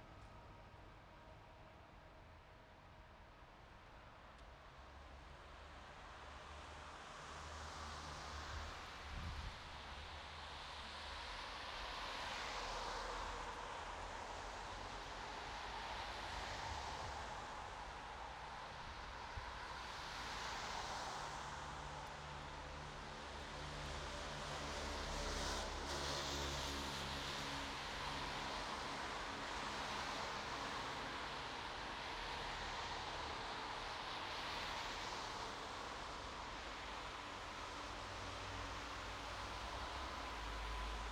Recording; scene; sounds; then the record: everyday scene through a hearing-aid microphone; in traffic; traffic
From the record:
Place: bus stop on a city main road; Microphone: in the ear canal, right